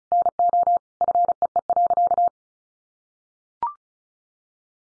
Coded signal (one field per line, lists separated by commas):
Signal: Morse code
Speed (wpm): 34 wpm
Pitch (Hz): 700 Hz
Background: none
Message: NO FEE.